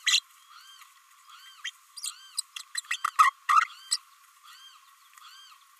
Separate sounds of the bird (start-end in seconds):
0.06-0.21, 1.64-1.70, 1.96-2.12, 2.37-2.41, 2.56-2.62, 2.75-2.81, 2.90-2.97, 3.04-3.07, 3.18-3.31, 3.48-3.67, 3.91-3.97